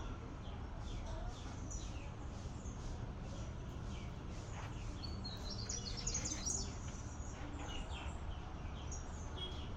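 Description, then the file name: Bird song, a brief jumbled warble of high notes midway, other faint chirps scattered, all above a steady low drone. Recorded in a school yard. "oiseau cour ecole"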